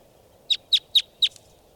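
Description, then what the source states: Red Crossbill giving four sharp, clipped call notes spaced about a quarter second apart, over a low steady background hum. Bird number 545, recorded again.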